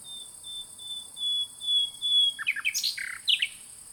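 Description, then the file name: Common nightingale song: a run of thin high whistled notes, then a burst of varied chirps. "Luscinia megarhynchos"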